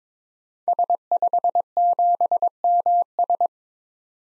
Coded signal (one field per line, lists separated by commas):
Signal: Morse code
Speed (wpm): 22 wpm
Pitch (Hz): 700 Hz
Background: none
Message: S57MS